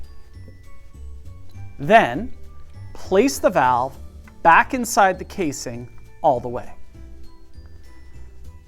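A metal piston valve is slid all the way back into a brass trumpet valve casing while someone talks over a music bed, with only a faint hit heard near 7.7 s. The valve has not yet been rotated to engage the guide, so nothing has seated or clicked yet.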